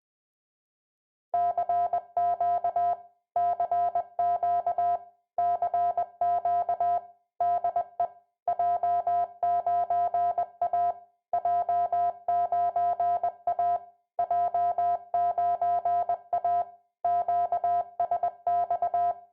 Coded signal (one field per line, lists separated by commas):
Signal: Morse code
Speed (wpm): 20 wpm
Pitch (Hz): 700 Hz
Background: music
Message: CQ CQ CQ DE J9A J9A J9A QSX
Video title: 付録：環境音-CW送信モニターサウンドと送信機及び電源変圧器のうなり